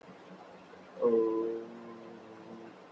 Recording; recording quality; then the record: sustained vowel as in boot; excellent, no background noise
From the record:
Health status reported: COVID-19 positive, no symptoms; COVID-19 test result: positive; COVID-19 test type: RT-PCR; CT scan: not taken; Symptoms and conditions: cough, cold, sore throat, fever, fatigue, asthma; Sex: male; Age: 20 years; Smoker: no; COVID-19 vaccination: both doses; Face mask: worn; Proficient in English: yes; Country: India